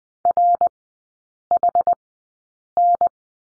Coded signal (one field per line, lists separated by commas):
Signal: Morse code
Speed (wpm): 20 wpm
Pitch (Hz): 700 Hz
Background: none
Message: RHN